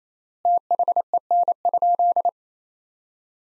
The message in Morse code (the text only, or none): THEN?